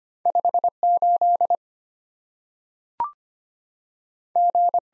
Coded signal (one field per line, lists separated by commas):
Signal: Morse code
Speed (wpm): 25 wpm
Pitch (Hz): 700 Hz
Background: none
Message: 58 G